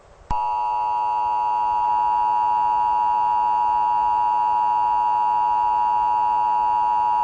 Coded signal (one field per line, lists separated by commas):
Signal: Emergency Alert System (SAME) tones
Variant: 853 and 960 Hz attention tone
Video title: EAS MOCK: Severe Thunderstorm Warning for Erie County, NY (5/21/2006)